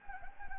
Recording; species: mosquito wingbeat signal from an infrared sensor; Anopheles gambiae